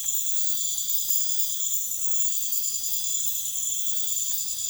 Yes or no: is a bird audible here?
no